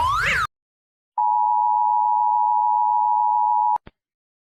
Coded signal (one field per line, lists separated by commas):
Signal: Emergency Alert System (SAME) tones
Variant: 853 and 960 Hz attention tone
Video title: Rating How Scary EAS Alarms from other Countries are! (Pt. 2)